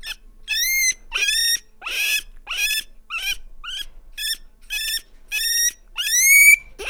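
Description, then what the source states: Guinea pig squealing: a series of loud, high, rising whistled wheeks, each sharp and piercing, with no other sounds. Farmyard.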